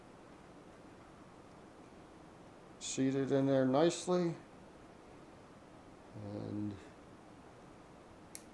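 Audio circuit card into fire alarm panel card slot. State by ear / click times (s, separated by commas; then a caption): seated / 8.3 s. A replacement audio circuit card for a 4100U fire alarm panel is angled in and pushed into its card slot until it latches. Someone talks from about 2.8 to 4.4 seconds and again around 6.1 to 6.8 seconds, then a short, sharp snap is heard at 8.4 seconds. The card is seated in place.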